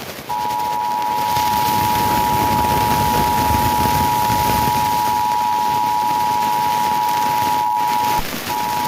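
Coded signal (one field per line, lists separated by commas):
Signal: Emergency Alert System (SAME) tones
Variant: 853 and 960 Hz attention tone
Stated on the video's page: Fire warning on a digital TV subchannel.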